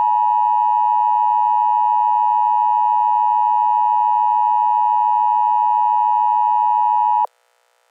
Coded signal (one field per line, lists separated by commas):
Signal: Emergency Alert System (SAME) tones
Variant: 853 and 960 Hz attention tone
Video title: EAS SCENARIO - America Gone to Hell Part 1